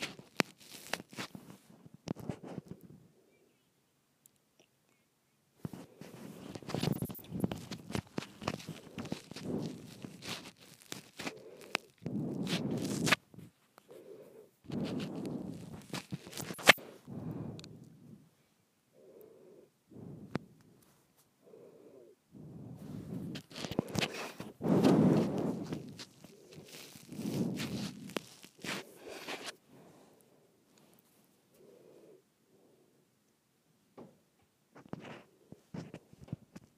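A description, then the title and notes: Twisting a microphone produces rough, scraping and rustling handling noise in irregular bursts, with dense patches around 6–17 seconds and 23–30 seconds. Short silent gaps separate the bursts, and occasional sharp clicks and knocks cut through the low, grinding rub. ASMR Twisting my Microphone.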